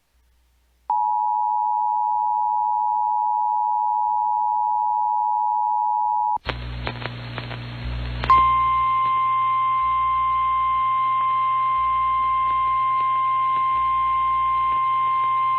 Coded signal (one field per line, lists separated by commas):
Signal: Emergency Alert System (SAME) tones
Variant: 853 and 960 Hz attention tone